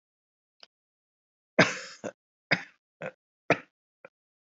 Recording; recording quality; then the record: shallow voluntary cough; excellent, no background noise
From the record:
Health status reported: healthy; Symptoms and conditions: none ticked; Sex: male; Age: 56 years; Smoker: not ticked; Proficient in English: yes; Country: India